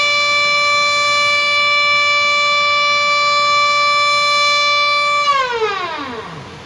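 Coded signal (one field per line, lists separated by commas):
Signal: siren signal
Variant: Japanese dam discharge siren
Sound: steady loud mechanical siren wail that winds down in pitch near the end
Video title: ダム放流サイレン音 緊急放流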